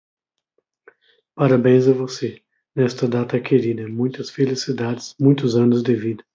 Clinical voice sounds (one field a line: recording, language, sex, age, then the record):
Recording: short text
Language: Brazilian Portuguese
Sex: male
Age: 50 to 59 years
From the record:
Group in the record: control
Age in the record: 50 years